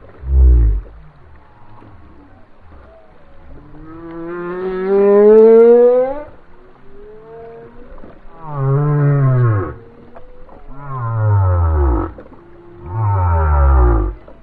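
Whale song with low grunting pulses alternating with long harmonic moans that rise, swoop and fall, repeated in several phrases through the recording.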